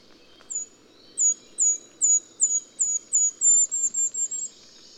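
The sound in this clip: Golden-crowned kinglet singing a series of very high, thin descending notes that speed up into a quick run of closely spaced notes at the end.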